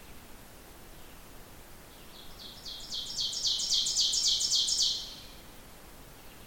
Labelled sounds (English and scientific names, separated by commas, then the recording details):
Ovenbird (Seiurus aurocapilla) song
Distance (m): 20 m
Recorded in boreal forest in Alberta, Canada, on 14 June 2016 at 06:35
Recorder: SongMeter 3, array SBT-3-33
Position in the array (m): 128 m, 37 m
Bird 21